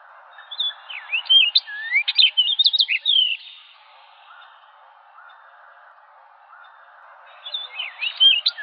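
Orchard oriole: a hurried three-second run of bright whistled and slurred notes, then a pause with soft lower sounds, and a new burst starting near the end.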